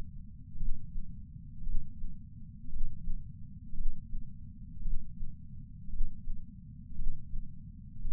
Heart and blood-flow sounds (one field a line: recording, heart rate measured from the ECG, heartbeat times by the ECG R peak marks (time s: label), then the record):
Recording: heart sounds by patch sensor on the chest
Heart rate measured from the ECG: 56 bpm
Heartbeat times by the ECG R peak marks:
0.55 s: heartbeat
1.61 s: heartbeat
2.68 s: heartbeat
3.73 s: heartbeat
4.80 s: heartbeat
5.88 s: heartbeat
6.94 s: heartbeat
8.00 s: heartbeat
From the record:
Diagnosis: coronary artery disease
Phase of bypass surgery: intraoperative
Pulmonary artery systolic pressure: 28 mmHg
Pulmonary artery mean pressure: 14 mmHg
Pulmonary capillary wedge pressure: 11 mmHg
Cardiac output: 5.5 L/min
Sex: male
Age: 57 years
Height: 175 cm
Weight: 80 kg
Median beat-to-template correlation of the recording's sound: 0.94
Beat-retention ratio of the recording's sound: 0.97